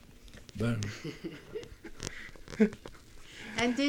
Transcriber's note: he laughs